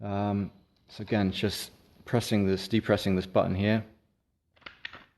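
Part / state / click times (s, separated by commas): airsoft pistol magazine in holster magazine retention / released / 4.9 s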